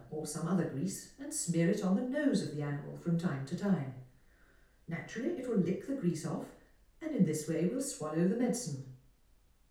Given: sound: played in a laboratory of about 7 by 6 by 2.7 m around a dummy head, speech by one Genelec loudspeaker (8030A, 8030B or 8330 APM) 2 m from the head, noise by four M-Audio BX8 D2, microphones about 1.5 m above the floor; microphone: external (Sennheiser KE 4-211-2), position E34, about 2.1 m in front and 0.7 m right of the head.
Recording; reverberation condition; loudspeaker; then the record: female speech in English; medium; behind (180 degrees)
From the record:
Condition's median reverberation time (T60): about 510 ms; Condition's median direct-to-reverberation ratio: about -0.5 dB